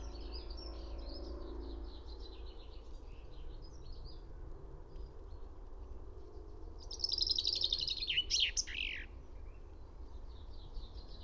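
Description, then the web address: Finch: faint high bird twittering at first, then a finch delivers a loud, rapid trill falling in pitch with a terminal flourish, over low rumbling background. "fugl b-finke"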